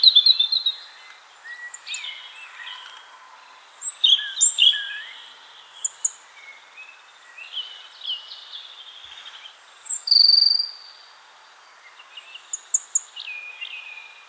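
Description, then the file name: European robin song, a run of high thin whistles and trills with quick jumps in pitch, phrases separated by short pauses, clean background. "Erithacus rubecula"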